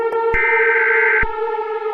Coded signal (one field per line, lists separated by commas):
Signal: Emergency Alert System (SAME) tones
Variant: header bursts